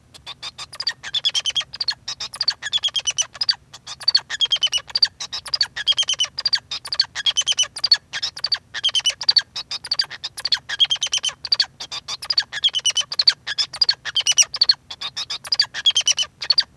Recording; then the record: song of a male Bengalese finch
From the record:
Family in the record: son of father 2